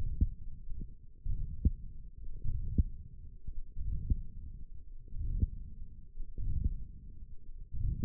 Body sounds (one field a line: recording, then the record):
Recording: forearm muscle sounds (acoustic myography)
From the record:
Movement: ulnar deviation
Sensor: system 1, eight BSWA MPA416 microphones around the upper forearm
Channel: 2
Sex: male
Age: 42 years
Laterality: right